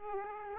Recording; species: mosquito wingbeat signal from an infrared sensor; Aedes aegypti